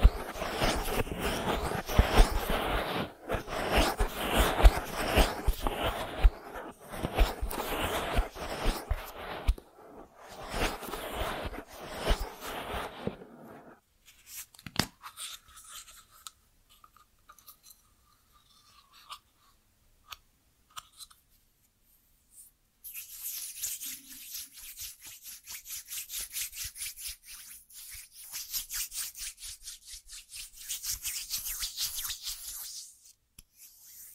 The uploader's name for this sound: 3D Ear Massage